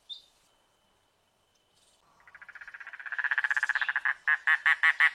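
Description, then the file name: Mangrove Cuckoo: after a faint chip and a pause, Mangrove Cuckoo song rises from soft nasal stutters into a loud chatter, ending in slower, spaced, throaty notes. Mangrove habitat. "canto do papa lagarta do mangue"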